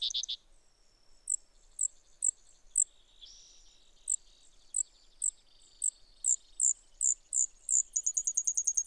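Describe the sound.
Brewer's sparrow: spaced high chips, a thin buzzy passage in the middle, then a quickening series ending in a rapid, rattling high trill.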